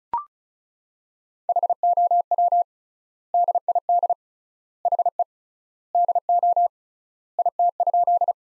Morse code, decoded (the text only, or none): HOW DID HE DO IT?